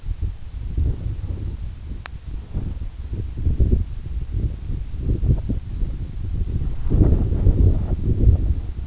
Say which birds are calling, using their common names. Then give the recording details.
none. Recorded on Arctic tundra, site EABA-1, on 27 June 2018. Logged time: 12:00